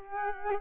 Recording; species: mosquito wingbeat signal from an infrared sensor; Culex quinquefasciatus